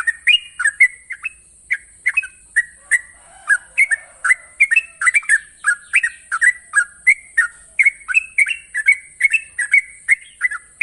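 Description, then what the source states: Yellow-vented Bulbul singing a long run of rapid, gurgling chirped notes repeated several times a second over a constant high-pitched hiss. Master song in the long-trill style, called 'ropel panjang'.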